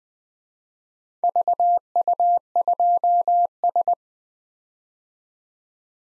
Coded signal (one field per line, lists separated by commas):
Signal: Morse code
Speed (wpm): 20 wpm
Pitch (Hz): 700 Hz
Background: none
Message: VU2S